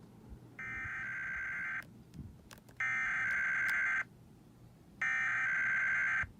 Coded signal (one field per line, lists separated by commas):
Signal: Emergency Alert System (SAME) tones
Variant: header bursts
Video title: IPAWS Required Weekly Test (EAS #203 213) 7/12/21